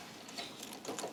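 A plastic harness connector is handled and pushed toward the gas pressure switch on a Weil-McLain SlimFit boiler, making soft rustling and faint mechanical ticks, with a brief sharp tap near 1.0 s. Nothing has seated or clicked yet; the connector is not home.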